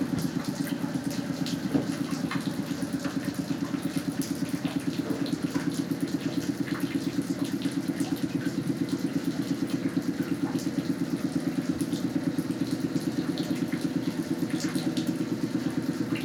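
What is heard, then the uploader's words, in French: Water flows under a pontoon in a steady, low churning rumble with a rapid, regular throb, like a motor idling, that stays unchanged throughout. Small light clicks and drips scatter irregularly over the top. Petit port d'Hafnarholmi au nord-est de l'Islande. De l'eau coule sous un ponton. J'y place mes micros.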